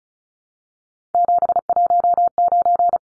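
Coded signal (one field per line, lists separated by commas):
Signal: Morse code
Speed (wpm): 34 wpm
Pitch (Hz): 700 Hz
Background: none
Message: 719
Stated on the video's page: Head-copy drill of three-digit numbers at 35 wpm, each number sent, spoken, then sent again.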